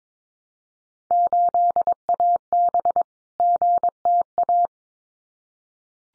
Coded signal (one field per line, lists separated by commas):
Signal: Morse code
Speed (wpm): 22 wpm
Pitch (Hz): 700 Hz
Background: none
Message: 8AB GTA